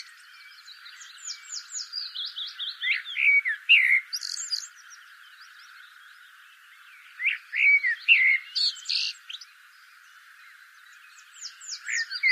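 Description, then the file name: Common blackbird song: mellow warbled phrases, each ending in high squeaky twitters, separated by pauses, with thin high notes mixed in. "Turdus merula"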